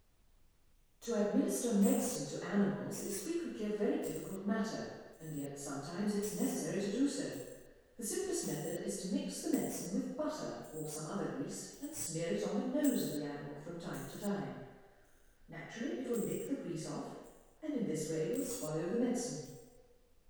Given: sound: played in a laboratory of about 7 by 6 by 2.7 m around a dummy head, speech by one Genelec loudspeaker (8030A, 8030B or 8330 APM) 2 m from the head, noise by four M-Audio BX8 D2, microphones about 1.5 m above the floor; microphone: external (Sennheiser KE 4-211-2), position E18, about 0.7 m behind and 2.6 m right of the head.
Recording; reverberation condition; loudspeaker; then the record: female speech in English; high; 30 degrees to the right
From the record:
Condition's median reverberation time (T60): about 1300 ms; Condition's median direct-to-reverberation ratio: about -4.0 dB